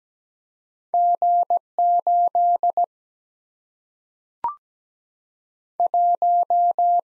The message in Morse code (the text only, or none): G 8 1